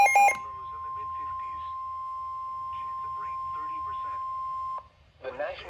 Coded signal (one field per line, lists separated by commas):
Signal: Emergency Alert System (SAME) tones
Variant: 1050 Hz attention tone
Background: speech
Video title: NOAA Weather Radio - Severe Thunderstorm Warning [EAS #303] (6/16/23)